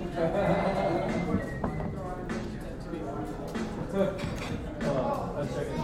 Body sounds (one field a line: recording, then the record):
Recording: background sound without coughing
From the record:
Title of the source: 60 minutes of coffee shop sounds for study and concentration